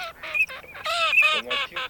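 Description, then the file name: Eurasian teal calls: several nasal, harmonic notes in quick succession. Recording made for an electronic decoy caller. "Чирок-свистунок Alzavola"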